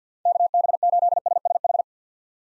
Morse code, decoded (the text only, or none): KB8SSH